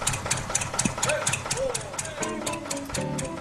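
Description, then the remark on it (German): An old two-stroke diesel tractor engine, standing in front of a barn with a microphone mounted on it, runs with a steady, loud chugging beat of rapid, even knocks. Brief tonal, melodic sounds from a band with blues guitars rise over the rhythm toward the end. “Der Beat kommt vom Trecker, weiß ich, 2-Takt-Dieselmotor.”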